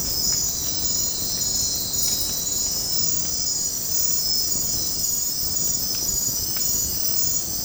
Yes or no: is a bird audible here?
no